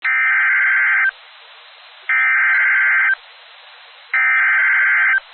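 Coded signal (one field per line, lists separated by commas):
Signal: Emergency Alert System (SAME) tones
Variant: header bursts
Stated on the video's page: Severe thunderstorm warning with valid SAME tones that can activate the emergency alert system.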